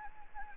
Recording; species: mosquito wingbeat signal from an infrared sensor; Anopheles gambiae